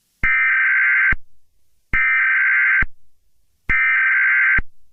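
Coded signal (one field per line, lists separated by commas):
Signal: Emergency Alert System (SAME) tones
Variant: header bursts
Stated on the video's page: Fictional scenario, remastered.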